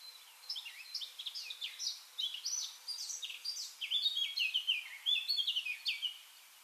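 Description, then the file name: Eurasian blackcap song, varied twittering notes that grow louder into a run of clear, downward-sliding whistles. "Sylvia atricapilla"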